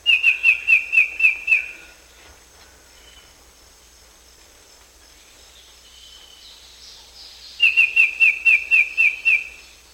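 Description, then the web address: Black-headed antbird song: two bursts of about eight clear, evenly spaced whistled notes, each slightly downslurred, separated by a quiet pause of several seconds with faint background hiss. South America. "Natures Songs S America Black-Headed Antbird"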